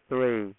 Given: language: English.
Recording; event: throat vibration sensor signal played as sound; speech